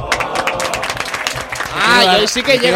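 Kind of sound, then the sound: crowd, applause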